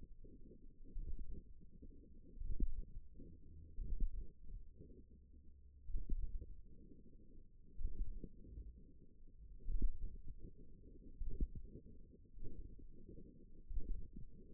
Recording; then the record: forearm muscle sounds (acoustic myography)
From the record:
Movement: finger pinch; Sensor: system 1, eight BSWA MPA416 microphones around the upper forearm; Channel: 7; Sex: female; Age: 21 years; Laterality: right